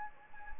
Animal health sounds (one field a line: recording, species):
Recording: mosquito wingbeat signal from an infrared sensor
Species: Anopheles gambiae